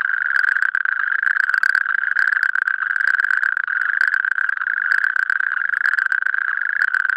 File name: rugstreeppad geluid